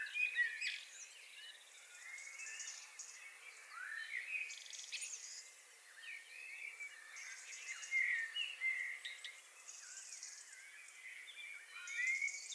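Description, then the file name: Common blackbird giving whistled notes and sliding chirps in bursts about every four seconds, with other birds singing in the background. "Turdus merula"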